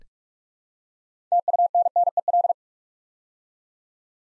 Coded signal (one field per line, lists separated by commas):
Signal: Morse code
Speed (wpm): 44 wpm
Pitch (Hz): 700 Hz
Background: none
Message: TUNNEL